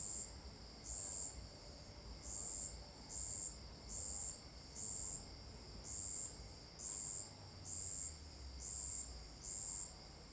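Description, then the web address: Cricket chirping, a string of high buzzy pulses about once a second, with a steady high hum behind. Marked, rhythmic calls; recorded at Alto Paraíso de Goiás, Brazil. "Cigarras e grilos marcados e ritmicos. local alto-paraiso-de-goias"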